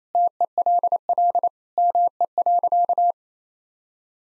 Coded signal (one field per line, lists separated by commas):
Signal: Morse code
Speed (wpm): 27 wpm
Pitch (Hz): 700 Hz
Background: none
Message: TELL ME.